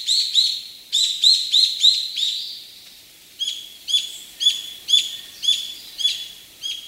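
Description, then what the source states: Brown-eared bulbul calls: a dense burst of loud, shrill paired notes, a brief pause, then spaced single high notes about twice per second. Recorded on Kamishima island, Mie Prefecture, Japan.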